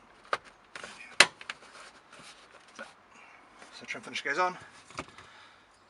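A plastic lower door trim finisher is pressed back onto a car door sill, and it seats with a sharp click at 1.2 s. Smaller taps follow, and someone talks.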